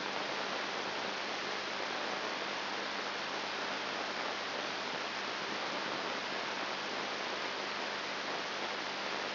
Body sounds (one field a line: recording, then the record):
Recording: brain microelectrode recording played as sound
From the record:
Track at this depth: inside the subthalamic nucleus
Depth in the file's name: 0.508 mm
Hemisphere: left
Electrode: 3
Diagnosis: Parkinson's disease